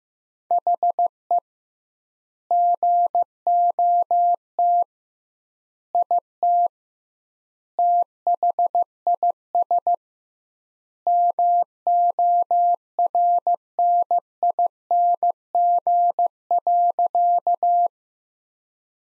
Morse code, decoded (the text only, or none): HE GOT IT THIS MORNING.